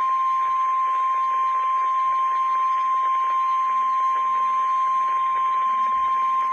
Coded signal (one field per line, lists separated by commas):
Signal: Emergency Alert System (SAME) tones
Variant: 1050 Hz attention tone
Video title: Severe Thunderstorm Warning (EAS #69)